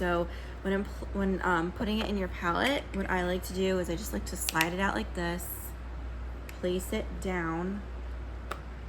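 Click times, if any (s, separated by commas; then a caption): 8.5 s. A small pressed-makeup pan in the shade Amber is slid out and placed down into a magnetic compact palette while someone talks. A brief sharp tick is heard at 8.5 s as the pan snaps into place and seats in the palette.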